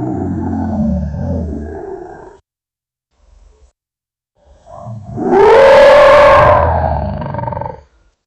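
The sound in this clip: Lion growl and roar: a deep rumbling growl for two seconds, a pause with soft grunts, then a loud, rasping roar that rises, holds and fades.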